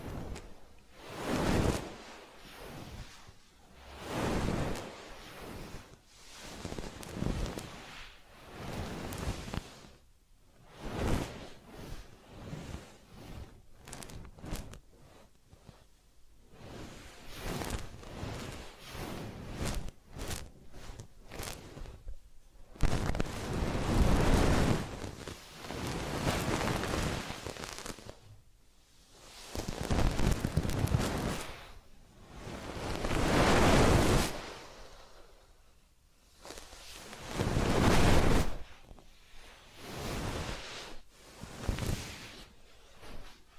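Massage and ear-cleaning sounds come as repeated soft rubbing and swishing strokes, each a second or two long, some light and brief, others fuller and longer. The strokes bunch together with short quiet gaps, the heaviest around the middle and near the end.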